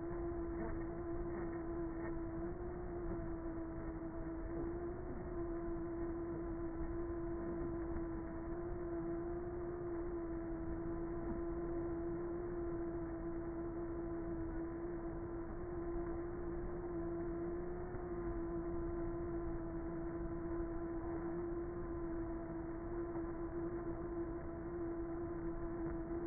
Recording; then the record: honeybee colony, microphone inside the hive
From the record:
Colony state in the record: queenless with a low population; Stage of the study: before two queens were removed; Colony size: about 30,000 bees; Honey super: no